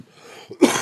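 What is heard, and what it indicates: A soft breathy lead-in, then one sharp, loud cough burst from an adult man whose voice is currently scratchy and gravelly.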